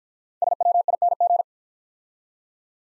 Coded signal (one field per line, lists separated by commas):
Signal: Morse code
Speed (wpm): 50 wpm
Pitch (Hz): 700 Hz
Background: none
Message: SWING